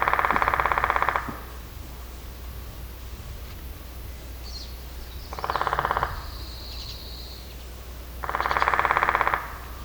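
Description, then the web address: Woodpecker: three bursts of rapid, evenly pulsed knocking notes, each about a second long, with a thin high whistle around the second burst. "Matthew Kramer. Island Woodpecker"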